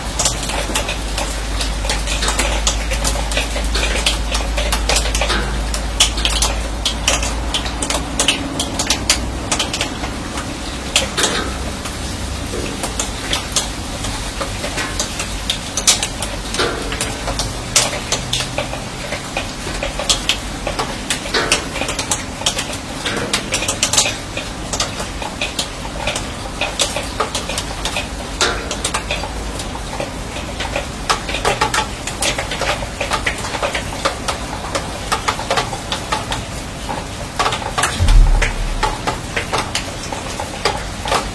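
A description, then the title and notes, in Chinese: Rain drips onto a steel roof, a dense, irregular patter of sharp ticks and taps that never lets up across the whole recording. A low rumble sits underneath, heavier in the opening seconds, and a single louder knock stands out near 38 seconds. 乡村晨雨【一小时纯音】- 在迷雾中被雨水唤醒的清晨、倾听远方鸟鸣。雨水滴落在钢铁顶棚。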